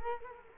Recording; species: mosquito wingbeat signal from an infrared sensor; Culex quinquefasciatus